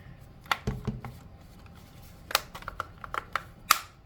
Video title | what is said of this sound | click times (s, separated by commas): JSAUX Upgraded Transparent Back Plate Install and Review - Lower Temps! | all just kind of snaps together in a very logical way just kind of give us some pressure so that you hear those clicks | 0.5 s, 2.3 s, 2.8 s, 3.2 s, 3.4 s, 3.7 s